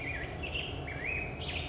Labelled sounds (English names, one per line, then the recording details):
Black-headed Grosbeak
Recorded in Sonoma County, California